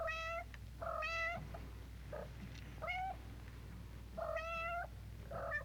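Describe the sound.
Cat meowing, several short meows, some faint, over a steady low hum.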